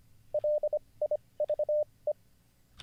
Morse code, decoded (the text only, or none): LIVE